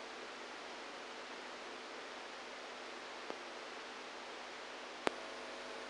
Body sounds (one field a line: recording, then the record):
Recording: brain microelectrode recording played as sound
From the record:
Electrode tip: outside the subthalamic nucleus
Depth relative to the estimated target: 2 mm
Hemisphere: right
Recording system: NeuroSet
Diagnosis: Parkinson's disease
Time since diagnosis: 27 years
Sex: male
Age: 62 years